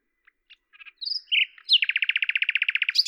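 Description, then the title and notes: Common nightingale song: soft clicks and a whistle lead into a long, fast, evenly repeated series of rich notes. Recorded at Lavours, France, on 10 May 1998 with a Tascam DAP-1 and Télingua microphone, edited in Samplitude 5.1. "D83, 01350 Lavours, France - rossignol à LAVOURS. 10/05/1998 Tascam DAP-1 Micro Télingua, Samplitude 5.1"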